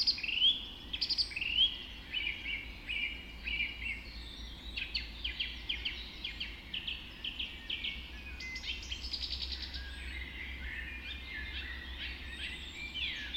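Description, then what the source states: Dawn chorus of many birds overlapping, a dense tangle of high warbles, trills and whistles with a steady low hiss beneath. Dawn chorus recorded just after dawn in the Forest of Dean.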